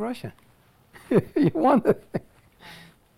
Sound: laughs

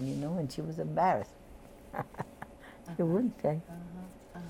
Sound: chuckles

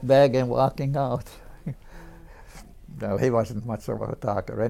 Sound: chuckles

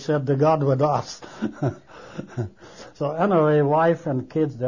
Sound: he laughs

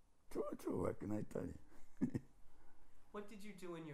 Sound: chuckles

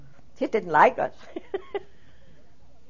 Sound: she laughs

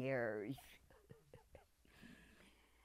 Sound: chuckles

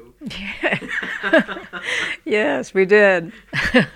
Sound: they laugh

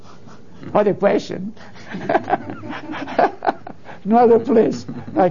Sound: laughs

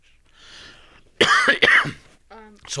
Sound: he coughs

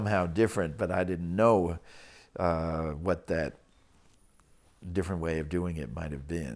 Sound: none

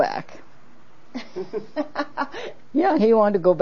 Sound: laughs

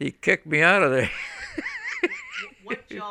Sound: he laughs, is also present

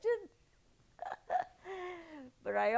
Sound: chuckles

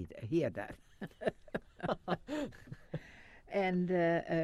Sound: they laugh

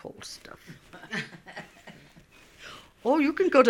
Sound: she laughs

